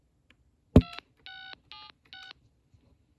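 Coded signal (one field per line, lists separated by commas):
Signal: DTMF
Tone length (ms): 180 ms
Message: 2676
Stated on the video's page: PhoneMate 9870 two-line desk phone with corded handset, speakerphone and 20-number auto-dialing memory.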